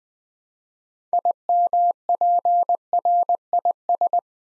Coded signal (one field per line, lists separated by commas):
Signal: Morse code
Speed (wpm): 20 wpm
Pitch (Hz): 700 Hz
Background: none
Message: IMPRIS